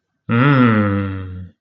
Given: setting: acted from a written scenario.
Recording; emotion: vocal sound without words; desire